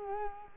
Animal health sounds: mosquito wingbeat signal from an infrared sensor; Culex quinquefasciatus

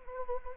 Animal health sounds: mosquito wingbeat signal from an infrared sensor; Anopheles arabiensis

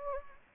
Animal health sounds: mosquito wingbeat signal from an infrared sensor; Anopheles gambiae

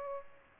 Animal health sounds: mosquito wingbeat signal from an infrared sensor; Aedes aegypti

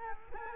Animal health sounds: mosquito wingbeat signal from an infrared sensor; Culex quinquefasciatus

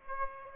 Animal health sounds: mosquito wingbeat signal from an infrared sensor; Aedes aegypti

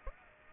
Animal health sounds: mosquito wingbeat signal from an infrared sensor; Aedes aegypti

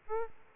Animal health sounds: mosquito wingbeat signal from an infrared sensor; Aedes albopictus

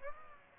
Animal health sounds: mosquito wingbeat signal from an infrared sensor; Aedes aegypti

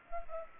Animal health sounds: mosquito wingbeat signal from an infrared sensor; Culex pipiens

